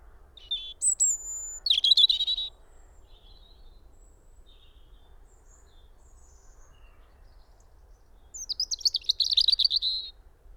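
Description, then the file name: European robin singing two separate phrases, a very high pure whistle with scratchy twitters, then a long silent pause before a fast, jingling, warbled run of notes. "Erithacus rubecula"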